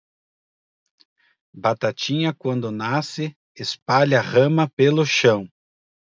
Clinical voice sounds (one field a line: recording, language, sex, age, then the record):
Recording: short text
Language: Brazilian Portuguese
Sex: male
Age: 50 to 59 years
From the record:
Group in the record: control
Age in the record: 50 years